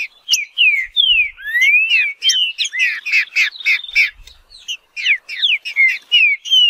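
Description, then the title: Green-winged saltator song: clear, slurred whistles rising and falling in rapid phrases, with a faint low thump twice. Wild bird in the bush, singing in competition with another free-living bird. "Trinca Ferro NICÃ O"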